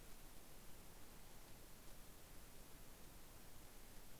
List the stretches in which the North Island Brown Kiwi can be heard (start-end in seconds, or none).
none